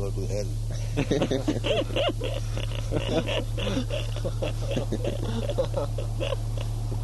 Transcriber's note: laughter